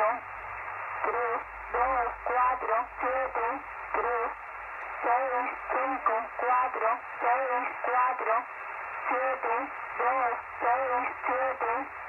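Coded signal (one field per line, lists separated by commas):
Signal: numbers station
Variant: HM01, Spanish female voice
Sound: short, evenly spaced spoken words, likely number groups, over a noisy shortwave channel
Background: radio static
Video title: Numbers (Spy) Station out of Havana Cuba. HM01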